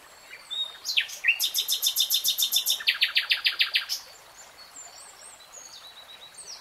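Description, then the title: Nightingale song: rapid, evenly spaced trilled notes in two steps, the second set lower in pitch, lasting about three seconds before quieter background birds. Singing in real time. "[Tiếng chim hót] Nightingale Singing"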